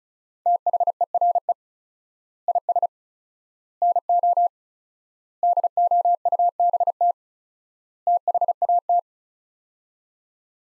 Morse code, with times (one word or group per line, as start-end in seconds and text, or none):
0.5-1.5 THERE
2.5-2.9 IS
3.8-4.5 NO
5.4-7.1 DOUBT
8.1-9.0 THAT